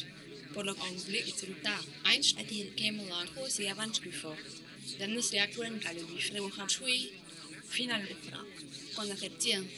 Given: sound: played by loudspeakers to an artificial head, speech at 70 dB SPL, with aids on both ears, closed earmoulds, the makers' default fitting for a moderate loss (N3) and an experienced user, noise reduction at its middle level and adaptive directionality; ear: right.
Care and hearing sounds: speech test signal (ISTS) in cocktail-party noise; +3 dB; on the right (90 degrees)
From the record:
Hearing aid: class 2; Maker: J

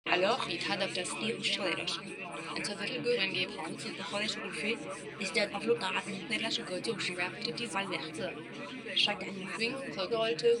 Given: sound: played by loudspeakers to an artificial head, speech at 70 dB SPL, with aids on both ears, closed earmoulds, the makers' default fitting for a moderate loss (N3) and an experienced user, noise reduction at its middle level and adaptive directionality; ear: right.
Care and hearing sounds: speech test signal (ISTS) in cocktail-party noise; -3 dB; on the right (90 degrees)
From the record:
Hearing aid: class 2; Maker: C

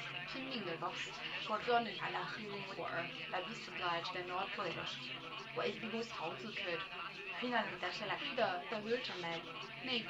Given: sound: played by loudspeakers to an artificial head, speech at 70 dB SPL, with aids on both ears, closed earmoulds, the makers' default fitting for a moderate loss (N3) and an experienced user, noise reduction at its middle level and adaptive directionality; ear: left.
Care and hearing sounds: speech test signal (ISTS) in cocktail-party noise; +6 dB; on the right (90 degrees)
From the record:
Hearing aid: class 1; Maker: F

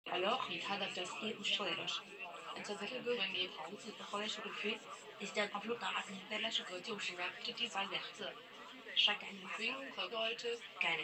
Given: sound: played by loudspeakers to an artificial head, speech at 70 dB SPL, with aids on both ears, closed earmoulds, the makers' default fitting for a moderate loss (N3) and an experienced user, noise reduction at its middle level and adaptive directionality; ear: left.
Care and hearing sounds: speech test signal (ISTS) in cocktail-party noise; +6 dB; on the right (90 degrees)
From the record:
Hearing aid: class 1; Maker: I

